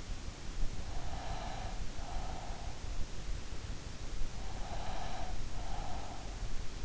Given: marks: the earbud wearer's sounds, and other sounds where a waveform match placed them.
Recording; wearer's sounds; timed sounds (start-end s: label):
sounds in sleep by an in-ear microphone; breath
0.94-2.68 s: breath
4.41-6.48 s: breath